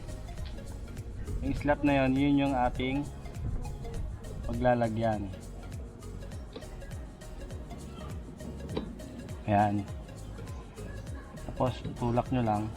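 A wiper blade connector is lined up with the slot on a car wiper arm before being pushed in, with only faint handling ticks heard while someone talks over background music. The blade has not been pushed in or clicked into place yet.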